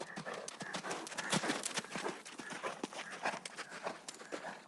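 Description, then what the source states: Horses at a gallop: dense, loud hoof impacts in a fast, broken rhythm. Horses galloping outdoors on sand.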